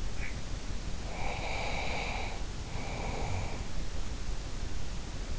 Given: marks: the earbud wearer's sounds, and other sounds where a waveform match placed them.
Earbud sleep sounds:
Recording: sounds in sleep by an in-ear microphone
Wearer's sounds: breath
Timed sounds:
0.00-0.64 s: sound from someone else or the room
0.85-3.91 s: breath

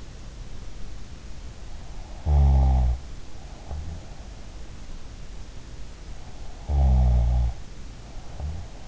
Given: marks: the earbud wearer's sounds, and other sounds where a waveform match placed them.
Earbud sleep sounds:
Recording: sounds in sleep by an in-ear microphone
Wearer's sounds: snoring breath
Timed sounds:
2.13-4.19 s: snoring breath
6.55-8.88 s: snoring breath

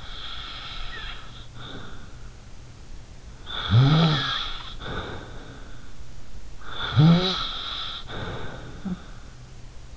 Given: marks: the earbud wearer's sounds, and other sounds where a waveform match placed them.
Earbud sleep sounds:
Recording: sounds in sleep by an in-ear microphone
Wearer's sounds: snoring breath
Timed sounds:
0.00-2.33 s: snoring breath
3.42-5.92 s: snoring breath
6.64-9.43 s: snoring breath
8.03-9.36 s: sound from someone else or the room

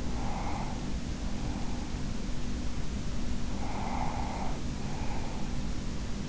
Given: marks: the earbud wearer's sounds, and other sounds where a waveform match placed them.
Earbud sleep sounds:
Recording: sounds in sleep by an in-ear microphone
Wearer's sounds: breath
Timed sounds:
0.00-2.45 s: breath
3.68-6.13 s: breath

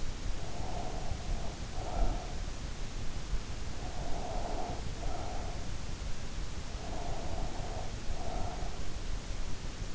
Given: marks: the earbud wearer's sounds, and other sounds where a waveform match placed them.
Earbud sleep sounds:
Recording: sounds in sleep by an in-ear microphone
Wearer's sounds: breath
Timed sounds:
0.00-2.73 s: breath
3.49-5.47 s: breath
6.73-8.91 s: breath

